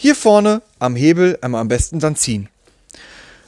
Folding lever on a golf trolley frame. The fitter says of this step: lange ziehen bis eingerastet ist